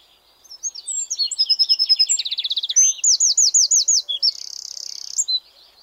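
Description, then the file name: Eurasian wren song, a loud, rapid, high-pitched outpouring of sharp notes, fast trills and rolling buzzy phrases lasting about five seconds, with no other sounds. "Troglodytes troglodytes"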